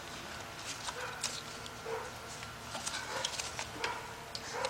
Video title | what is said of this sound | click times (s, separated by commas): Nissan Rogue Nissan Altima Nissan Sentra Head Gasket Replacement. Part 4 | I didn't hear that click and I ain't happy nobody heard the click | none